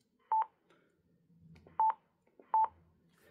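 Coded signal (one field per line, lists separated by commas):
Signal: none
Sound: radio button beeps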